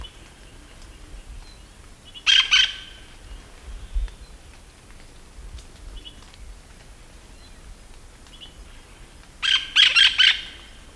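Hispaniolan parakeet calling: a pair of harsh screeches early on, then a quick series of grating screeches near the end.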